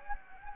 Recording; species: mosquito wingbeat signal from an infrared sensor; Anopheles gambiae